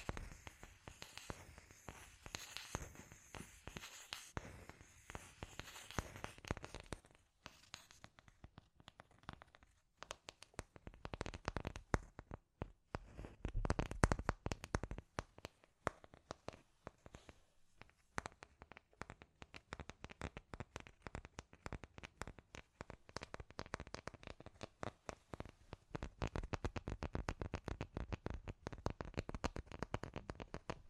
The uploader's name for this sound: Scratchy Tapping